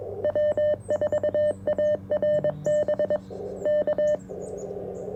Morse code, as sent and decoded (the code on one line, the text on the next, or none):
.-- ....- .- .-. -... / -.-
W4ARB K